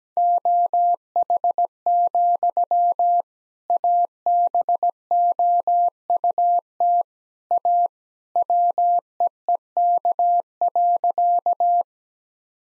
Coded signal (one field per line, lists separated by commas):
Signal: Morse code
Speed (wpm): 17 wpm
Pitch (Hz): 700 Hz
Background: none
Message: OH, ABOUT A WEEK.